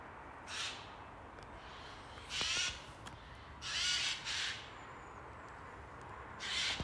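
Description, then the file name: Eurasian jay harsh screeching calls, five rasping, noisy bursts spread irregularly over about seven seconds, against faint steady background hiss. "Garrulus glandarius"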